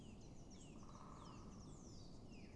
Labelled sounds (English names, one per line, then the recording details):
Great Spotted Woodpecker
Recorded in Germany
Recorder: ecoPi